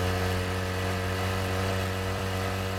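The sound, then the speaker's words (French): A motorcycle engine drones steadily for a few seconds as the motorcycle speeds through the outskirts of a town, a loud, even low-pitched hum with layered harmonic tones and no voices. “Et la moto traverse en trombe les faubourgs de la ville jusqu'à une place poussiéreuse où l'attend une voiture, moteur en marche.”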